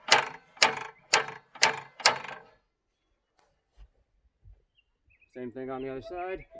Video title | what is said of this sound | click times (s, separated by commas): A Remote Milling Adventure with our New Logosol Mill! | Once I remove the shim, then I go up the full five clicks to move up an entire inch. | 0.1 s, 0.6 s, 1.1 s, 1.6 s, 2.1 s